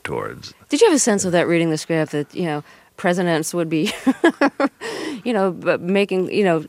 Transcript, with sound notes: Did you have a sense of that reading the script that, you know, presidents would be (laughter), you know, making - you know,